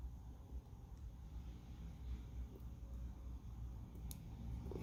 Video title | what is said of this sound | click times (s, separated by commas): Kia Sedona Tailgate Switch Backup Camera Replacement 2015 2018 | hear it click | 4.1 s